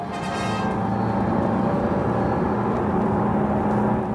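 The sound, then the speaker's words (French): A steady, loud engine drone of a powerful blue car hums through the whole stretch, a low throbbing tone with a broad rushing noise over it, like a car cruising along at an even speed. “Flanqués de leurs deux guides en gabardine bleue ardoise et chapeau vert, nos amis prennent bientôt place dans une puissante voiture bleue.”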